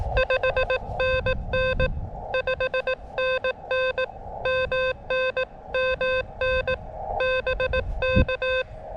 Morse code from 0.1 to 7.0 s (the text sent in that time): 5NN 5NN MN MN